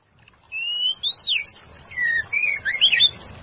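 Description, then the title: White-rumped shama singing clear whistles after a brief quiet start: a long level note, rising and dipping slides, then looping, twisting phrases. "murai batu"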